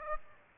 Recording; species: mosquito wingbeat signal from an infrared sensor; Aedes aegypti